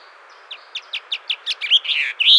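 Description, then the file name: Blue chaffinch song, a single phrase of evenly spaced chipping notes that grow louder and end in a brief, rich flourish. "Pinzon Azul"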